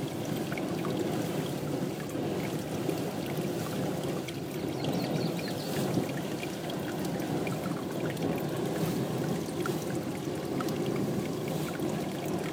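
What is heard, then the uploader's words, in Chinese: Geyser water rushes and pours in a steady, dense roar, deep and full, holding an even level throughout with faint splashy crackle above. 间歇泉水的声音_美国黄石国家森林公园。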